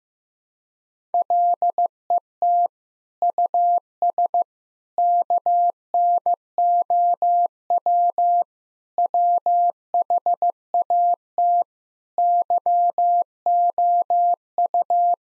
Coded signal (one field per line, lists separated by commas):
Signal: Morse code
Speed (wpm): 15 wpm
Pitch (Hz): 700 Hz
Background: none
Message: LET US KNOW WHAT YOU